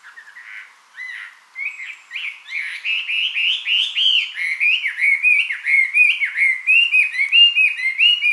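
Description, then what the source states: Chinese hwamei singing a rich, continuous run of loud, varied whistled phrases that slur up and down, growing stronger as the song goes on. 24 May 2007.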